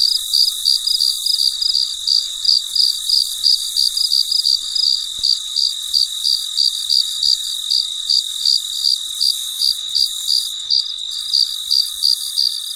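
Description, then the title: Cricket giving a high, even pulsed chirp roughly three times a second over a constant ringing background. Recorded late at night; very quiet surroundings. "深夜录制蟋蟀昆虫声"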